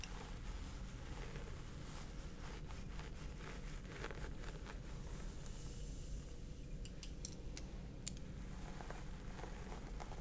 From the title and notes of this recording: Stress Relieving Scalp Massage ASMR.